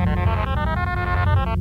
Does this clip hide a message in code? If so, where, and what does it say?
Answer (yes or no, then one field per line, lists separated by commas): no